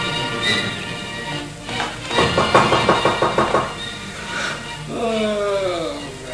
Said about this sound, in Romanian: Cine bate în ușa?